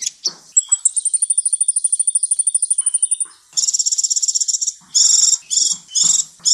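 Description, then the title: Sunbird chirping, a very high rapid thin trill held for a few seconds, then buzzy, fast repeated high notes in short bursts. "kicau kolibri"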